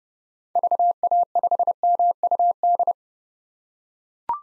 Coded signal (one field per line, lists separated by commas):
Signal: Morse code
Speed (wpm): 30 wpm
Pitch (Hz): 700 Hz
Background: none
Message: VA5MUD